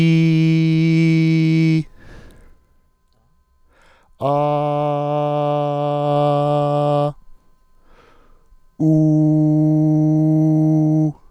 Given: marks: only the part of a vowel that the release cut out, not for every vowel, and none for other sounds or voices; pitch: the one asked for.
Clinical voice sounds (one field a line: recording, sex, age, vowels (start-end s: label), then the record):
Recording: sustained vowels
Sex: male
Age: 40 to 49 years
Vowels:
0.00-1.66 s: vowel /i/, normal pitch
4.67-6.65 s: vowel /a/, normal pitch
9.03-10.81 s: vowel /u/, normal pitch
From the record:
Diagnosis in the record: healthy voice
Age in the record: 48 years